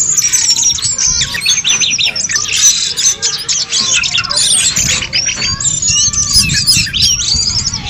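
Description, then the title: Birds chattering steadily, a thick layer of high twittering notes filling the whole stretch. "SuaraBurung Kicau3"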